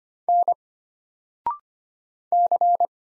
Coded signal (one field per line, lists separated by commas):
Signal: Morse code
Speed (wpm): 25 wpm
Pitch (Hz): 700 Hz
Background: none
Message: N C